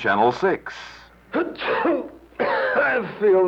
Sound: Nyquil Commercial